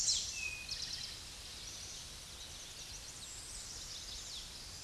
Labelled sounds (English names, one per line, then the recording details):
Eastern Towhee song
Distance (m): 15 m
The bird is about 5 m above the microphone
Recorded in a Pennsylvania forest on 16 May 2024 at 08:23
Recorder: AudioMoth, point MSD-2074
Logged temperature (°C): 16.3 °C
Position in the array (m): 169 m, 189 m